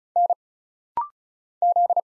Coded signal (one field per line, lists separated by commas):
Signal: Morse code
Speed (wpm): 36 wpm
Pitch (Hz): 700 Hz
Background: none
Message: N Z